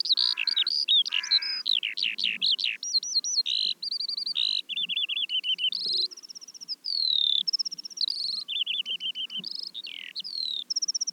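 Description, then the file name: Eurasian skylark song: continuous high warbling with rapid rising and falling whistles, chattering runs and brief repeated trills. "veldleeuwerik"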